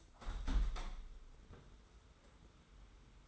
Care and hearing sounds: daily activity, microphone in the room; open window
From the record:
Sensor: 3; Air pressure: 991.3 hPa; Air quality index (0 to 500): 130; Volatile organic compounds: 170 ppm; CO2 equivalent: 4105 ppm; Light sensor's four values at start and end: 49/134/54/48 and 49/133/54/48

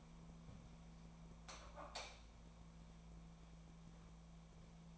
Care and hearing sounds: daily activity, microphone in the room; light on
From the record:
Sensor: 1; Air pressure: 1000.0 hPa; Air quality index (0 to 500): 130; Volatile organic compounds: 2 ppm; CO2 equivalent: 1232 ppm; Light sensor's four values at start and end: 36/91/38/47 and 40/107/44/53

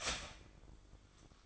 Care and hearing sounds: daily activity, microphone in the room; start toaster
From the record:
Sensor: 5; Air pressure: 1004.3 hPa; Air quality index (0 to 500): 170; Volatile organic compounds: 4 ppm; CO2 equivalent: 1594 ppm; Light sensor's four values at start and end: 34/108/41/41 and 34/108/41/41

